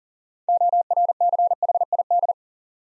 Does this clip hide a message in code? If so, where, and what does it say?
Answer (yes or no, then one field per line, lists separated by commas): yes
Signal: Morse code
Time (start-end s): 0.5-2.3 s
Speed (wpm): 43 wpm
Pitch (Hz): 700 Hz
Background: none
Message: ORCHID